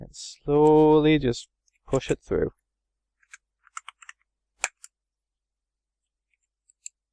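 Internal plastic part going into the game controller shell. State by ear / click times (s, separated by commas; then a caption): seated / 4.6 s. An internal plastic part is slowly pushed through into a game controller shell during reassembly, and it ends up seated in place. Someone talks at the start, then a series of small, sharp plastic clicks follows, with the loudest one at 4.6 s and a last faint click near 6.9 s.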